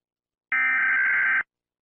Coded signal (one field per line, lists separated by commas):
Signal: Emergency Alert System (SAME) tones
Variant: header bursts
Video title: Do not turn on your PC (EAS Scenario)